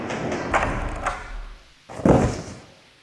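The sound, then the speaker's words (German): A record is slammed down onto a tabletop with one loud, heavy thud, after a couple of lighter knocks and some rustling handling noise. “Was haben Sie uns denn da auf den Tisch geknallt?”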